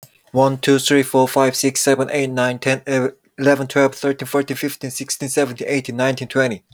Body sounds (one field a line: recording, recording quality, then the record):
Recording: counting at a fast pace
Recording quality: excellent, no background noise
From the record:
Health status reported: exposed to COVID-19, no respiratory illness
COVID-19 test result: not tested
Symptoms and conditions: none ticked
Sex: male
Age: 26 years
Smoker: not ticked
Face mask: not worn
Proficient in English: yes